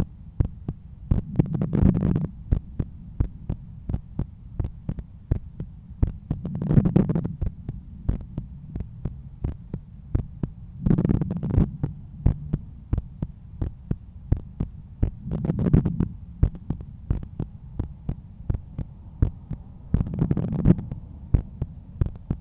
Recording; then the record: heart sounds by stethoscope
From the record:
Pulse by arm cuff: 90 bpm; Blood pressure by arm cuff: 124/81 mmHg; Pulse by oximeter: 87 bpm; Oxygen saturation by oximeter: 96%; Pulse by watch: 87 bpm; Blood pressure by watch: 122/78 mmHg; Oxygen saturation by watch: 94%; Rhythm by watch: sinus rhythm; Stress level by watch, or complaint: low stress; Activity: after 10 min smoking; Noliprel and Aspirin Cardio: after pills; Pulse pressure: 43 mmHg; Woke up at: 7:20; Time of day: 12:49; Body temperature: 35.7 C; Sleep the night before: 8 h 11 min, score 61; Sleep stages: REM 22%, light 68%, deep 3%, awake 7%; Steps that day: 9500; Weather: sunny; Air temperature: 25.8 C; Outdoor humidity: 54%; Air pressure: 1016 hPa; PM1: 55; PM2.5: 72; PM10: 84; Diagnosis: hypertension, treated with Noliprel and Aspirin Cardio 100 mg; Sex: male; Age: 53 years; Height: 174 cm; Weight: 81 kg